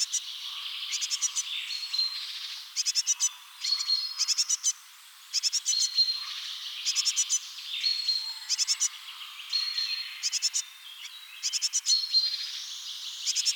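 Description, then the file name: Great tit scolding in quick rattling bursts of several ticks, repeated roughly every second or two, with thin whistled notes in the background. "Parus major"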